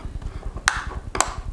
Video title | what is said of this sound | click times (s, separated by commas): WHY IS THE BUGS 3 DRONE SO COOL? | the drone and to put it back a simple just snaps right into place | 0.7 s, 1.2 s